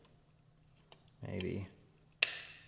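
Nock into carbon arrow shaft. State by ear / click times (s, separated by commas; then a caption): seated / 2.2 s. A plastic nock is pushed into the back of an Easton 5.0 carbon arrow shaft while someone talks. A single sharp click sounds at 2.2 s as the nock snaps in and locks into place.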